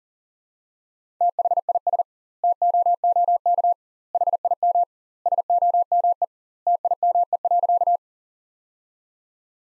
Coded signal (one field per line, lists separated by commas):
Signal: Morse code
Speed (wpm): 37 wpm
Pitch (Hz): 700 Hz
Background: none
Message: THIS TOOK HIM SOME TIME.